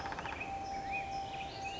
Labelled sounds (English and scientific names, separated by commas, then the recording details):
Black-headed Grosbeak (Pheucticus melanocephalus)
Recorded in Sonoma County, California